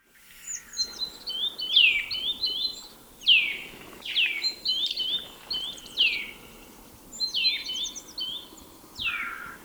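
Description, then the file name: Eurasian nuthatch calling: sharp downslurred whistles roughly every second or two, alternating with brief level chirps and faint high twittering, against constant low background noise. "Sitta europaea"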